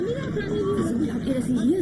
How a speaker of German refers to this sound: Ein Gewirr von verschiedensten Sprachfetzen ist zu hören.